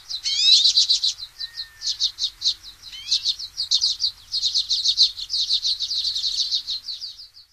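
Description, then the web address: Hoary redpoll calls: rapid, dry rattling chatter running almost continuously, with a few rising sweeping notes mixed in. "Songs of Birds of North America Stokes. Hoary Redpoll"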